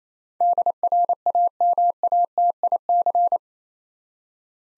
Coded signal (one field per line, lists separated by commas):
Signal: Morse code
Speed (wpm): 28 wpm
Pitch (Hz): 700 Hz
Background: none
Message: DRAMATIC